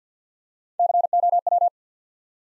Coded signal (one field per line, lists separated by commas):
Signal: Morse code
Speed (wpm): 50 wpm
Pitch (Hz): 700 Hz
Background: none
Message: C O W